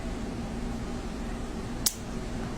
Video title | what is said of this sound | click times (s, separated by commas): Phlebotomy procedure | hear that click that means there should not be a needle there when you pull that butterfly out of the vein and there isn't because | 1.9 s